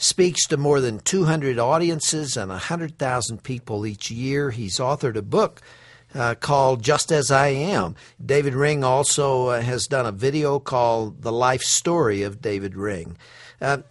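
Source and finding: Adult male radio host. Typical speech.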